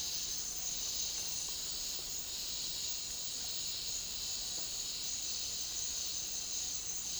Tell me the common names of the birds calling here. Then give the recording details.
none. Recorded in dense forest near Puerto Asís, Putumayo, Colombia, on 21 February 2024 at 08:30. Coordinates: 0.500, -76.322. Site G6465